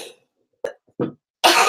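Two short catching breaths build up to a loud, hissing burst: a single ordinary adult sneeze.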